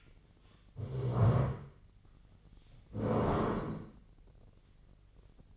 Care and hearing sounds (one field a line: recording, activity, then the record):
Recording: daily activity, microphone in the room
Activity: stand up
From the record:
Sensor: 4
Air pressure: 1013.0 hPa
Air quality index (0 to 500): 167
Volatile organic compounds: 2 ppm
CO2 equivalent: 1058 ppm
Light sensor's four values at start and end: 52/128/54/58 and 52/128/54/58